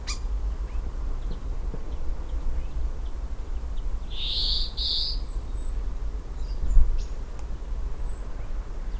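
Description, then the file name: European greenfinch calls: two short nasal buzzes in quick succession midway, over a constant low background hum with faint ticks. "Chloris chloris"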